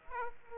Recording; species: mosquito wingbeat signal from an infrared sensor; Aedes aegypti